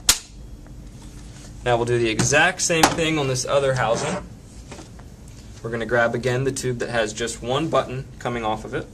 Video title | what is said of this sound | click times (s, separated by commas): How to assemble a Graco Lovin' Hug® Infant Swing | can help by pressing the button a little bit pushing the tube in until you hear a click now | 0.1 s